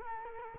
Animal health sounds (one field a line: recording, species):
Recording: mosquito wingbeat signal from an infrared sensor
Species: Culex quinquefasciatus